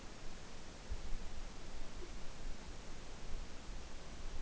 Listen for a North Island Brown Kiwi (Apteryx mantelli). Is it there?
no